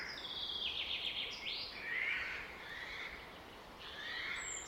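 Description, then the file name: Eurasian jay giving a harsh, rasping screech for nearly two seconds, followed by a few softer high chirps and brief whistles. "Garrulus glandarius"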